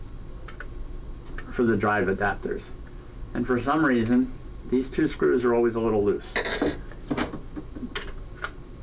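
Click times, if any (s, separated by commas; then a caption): none. A hard drive is being handled and pushed toward a plastic drive adapter tray in a refurbished PC while someone talks, with small handling clicks and taps at about 0.5, 0.6, 1.4, 7.1, 7.2, 8.0 and 8.4 seconds. Nothing has seated or clicked into place yet.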